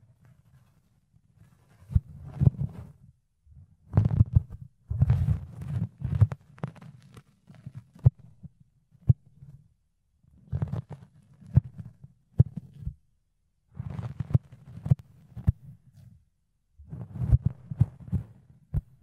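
Ear cleaning and picking on a fluffy surface: soft, muffled low rubbing comes in bursts of a second or two, separated by brief silences. Sharp little clicks and scratchy ticks pop up within each burst, several per second, with quieter gaps around 3.5, 9.5 and 16.5 seconds.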